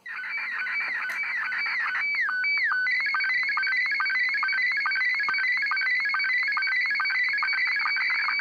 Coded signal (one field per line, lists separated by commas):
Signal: SSTV (slow-scan television)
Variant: Scottie 1